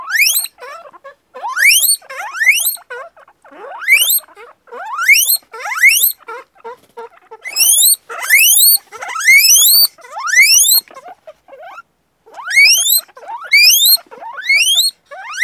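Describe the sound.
Guinea pig wheeking: loud squealing whistles that sweep steeply upward, given in quick bursts with short pauses between.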